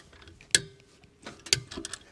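A torque wrench set to about 130 Nm is pulled on a wheel nut on a caravan wheel hub until it clicks at the setting, giving one loud, sharp click at 0.5 s. A second sharp click follows at 1.5 s, then softer ticks. The nut is torqued to spec.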